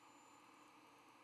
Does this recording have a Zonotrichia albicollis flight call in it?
no